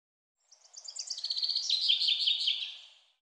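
Common chaffinch song, a run of quick notes that descends in pitch, with a faint hiss beneath.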